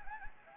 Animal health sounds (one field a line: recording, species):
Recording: mosquito wingbeat signal from an infrared sensor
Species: Anopheles gambiae